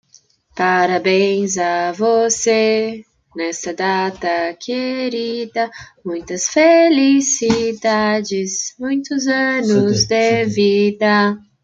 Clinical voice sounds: short text; Brazilian Portuguese; female; 20 to 29 years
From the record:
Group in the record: control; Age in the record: 22 years

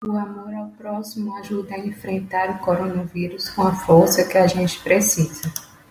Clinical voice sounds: spoken sentence; Brazilian Portuguese; female; 30 to 39 years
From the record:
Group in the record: control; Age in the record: 39 years

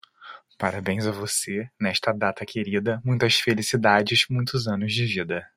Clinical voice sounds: short text; Brazilian Portuguese; male; 30 to 39 years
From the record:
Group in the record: control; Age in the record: 34 years

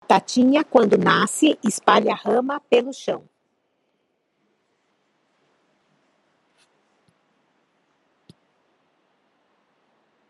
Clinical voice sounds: short text; Brazilian Portuguese; female; 50 to 59 years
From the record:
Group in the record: control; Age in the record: 53 years

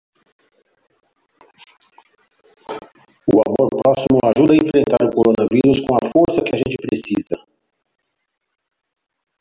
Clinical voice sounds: spoken sentence; Brazilian Portuguese; male; 40 to 49 years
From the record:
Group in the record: control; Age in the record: 45 years

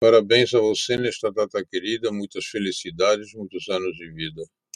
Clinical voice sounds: short text; Brazilian Portuguese; male; 70 to 79 years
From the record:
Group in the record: control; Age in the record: 74 years

